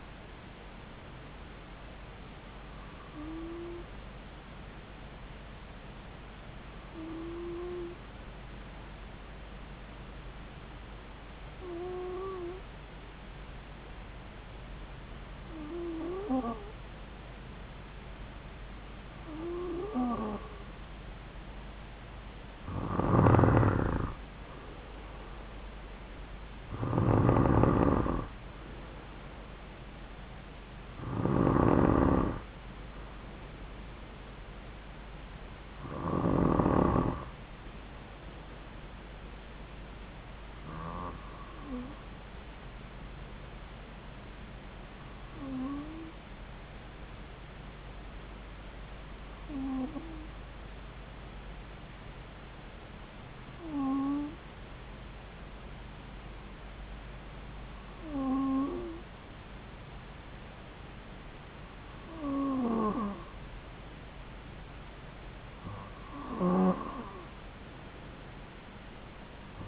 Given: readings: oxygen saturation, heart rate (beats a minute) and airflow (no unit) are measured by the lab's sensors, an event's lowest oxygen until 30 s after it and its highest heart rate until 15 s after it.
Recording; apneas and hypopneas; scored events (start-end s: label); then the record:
breathing in sleep by a voice recorder at the bedside; 1
6.00-24.80 s: hypopnea (N2, oxygen 95% highest, then 92% lowest)
From the record:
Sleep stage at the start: N2 (light sleep); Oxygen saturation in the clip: 92 to 95%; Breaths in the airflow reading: 16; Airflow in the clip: -4.3 to 3.8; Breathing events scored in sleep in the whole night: 270 in 6.1 hours asleep